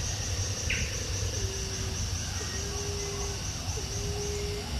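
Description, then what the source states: Stephan's emerald dove uttering three long, low, level coos roughly every one and a half seconds, with a constant high insect drone and a short chirp early on. Papua New Guinea.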